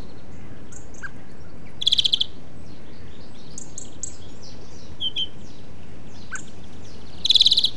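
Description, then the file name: European greenfinch calls: two short, rapid pulsed trills several seconds apart, with scattered soft chirps between them. "Chloris chloris"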